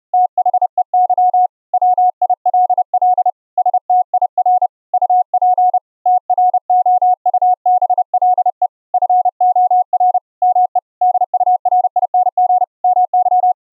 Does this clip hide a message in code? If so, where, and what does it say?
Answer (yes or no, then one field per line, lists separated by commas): yes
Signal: Morse code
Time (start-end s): 0.1-13.5 s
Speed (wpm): 27 wpm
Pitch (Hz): 730 Hz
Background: none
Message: THEY WILL STIR UP TROUBLE FOR ME DURING MY